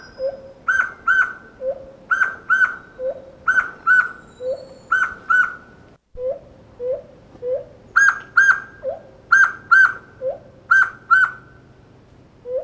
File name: poksay hitam omkicau